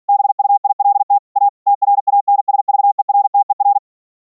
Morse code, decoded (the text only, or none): BUILT A TRANSVERTER